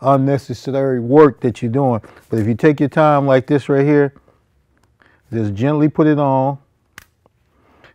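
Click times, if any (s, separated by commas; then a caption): 7.0 s. A steel piston ring is gently fitted onto a motorcycle engine piston, a Hayabusa, while someone talks. A sharp snap is heard at 7.0 s as the ring seats into its groove.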